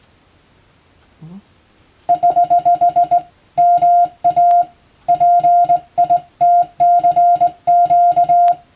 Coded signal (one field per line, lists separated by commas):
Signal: Morse code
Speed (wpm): 20 wpm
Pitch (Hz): 700 Hz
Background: none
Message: <HH> MA PITCQ